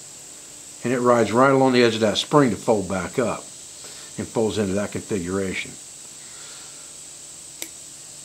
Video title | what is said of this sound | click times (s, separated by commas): Making a Scrap Yard Folding Knife Part 2 | You hear it pop and it locks in place and you're good. | 7.6 s